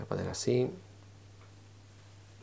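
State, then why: Not seated. Someone talks while lining up the plastic tracker module of a Razer Nabu smartband in its rubber wristband strap, before pressing it in. After the brief speech only a steady low hum remains, and the module has not seated or clicked yet.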